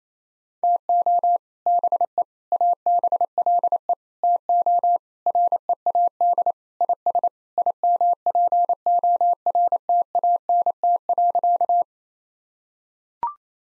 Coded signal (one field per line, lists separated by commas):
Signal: Morse code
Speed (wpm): 27 wpm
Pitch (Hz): 700 Hz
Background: none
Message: TO BE ABLE TO READ IS IMPORTANT.